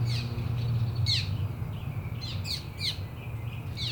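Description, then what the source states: Bird chirps, brief descending notes scattered across four seconds, over a constant low rumble. City park ambience.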